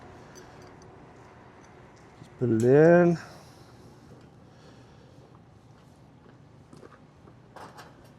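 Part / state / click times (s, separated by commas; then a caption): retaining pin into shade frame tarp pipe / not seated / none. A metal retaining pin is being put into the tarp pipe on the frame of a Strobel Super Shade 40 x 40 shade with a 2-piece tarp, to keep the tarp locked in place. Someone talks briefly near the start, followed by quiet handling with faint ticks around 5.4 s and 6.9 s. Nothing has seated or clicked yet; the pin is still being handled.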